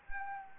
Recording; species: mosquito wingbeat signal from an infrared sensor; Anopheles arabiensis